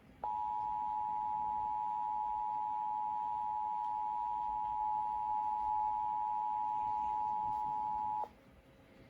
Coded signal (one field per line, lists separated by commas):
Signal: Emergency Alert System (SAME) tones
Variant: 853 and 960 Hz attention tone